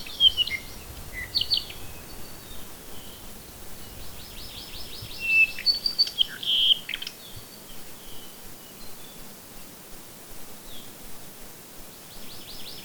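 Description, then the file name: Bird song: varied high chirps and whistles with stretches of fast, even trills. "manu birdsongs"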